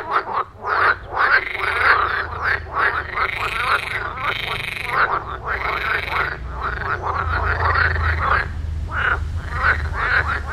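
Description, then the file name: Frogs croaking in a dense, continuous chorus of overlapping rattling calls, pulsing bursts running throughout with barely a pause. "Froesche"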